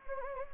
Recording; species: mosquito wingbeat signal from an infrared sensor; Anopheles gambiae